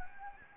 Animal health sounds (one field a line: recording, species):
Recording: mosquito wingbeat signal from an infrared sensor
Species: Anopheles gambiae